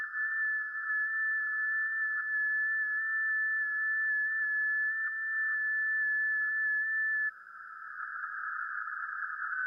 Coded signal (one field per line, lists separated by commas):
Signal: FT8